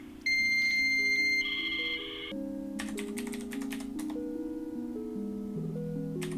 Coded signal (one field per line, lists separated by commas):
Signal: dial-up modem handshake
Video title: Dial-Up Dating ♥ Digital: A Love Story Recap (3/3)